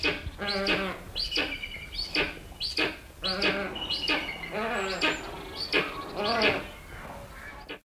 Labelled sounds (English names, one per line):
Steppe Eagle alarm call